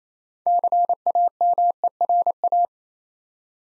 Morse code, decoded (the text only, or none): CAMERA